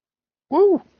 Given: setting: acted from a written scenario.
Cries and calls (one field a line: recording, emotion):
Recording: vocal sound without words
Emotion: triumph